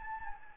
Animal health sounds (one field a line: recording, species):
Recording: mosquito wingbeat signal from an infrared sensor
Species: Anopheles gambiae